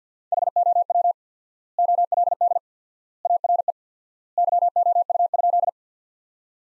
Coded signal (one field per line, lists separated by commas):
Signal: Morse code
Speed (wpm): 50 wpm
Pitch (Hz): 700 Hz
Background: none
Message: HOW OLD ARE YOU?